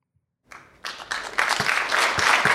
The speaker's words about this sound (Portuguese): Bom, palmas, né? Palmas para o Saco Cheio TV.